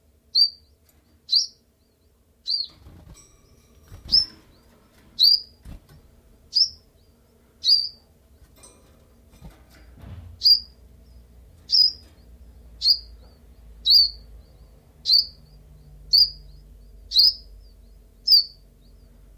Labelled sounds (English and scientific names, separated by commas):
Common Chiffchaff (Phylloscopus collybita)